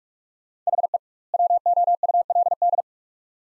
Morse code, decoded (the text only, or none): HE WOULD